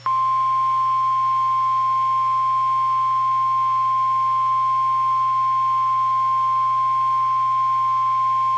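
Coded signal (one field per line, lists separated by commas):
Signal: Emergency Alert System (SAME) tones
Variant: 1050 Hz attention tone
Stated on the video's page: Valid EAS tones for a severe thunderstorm watch.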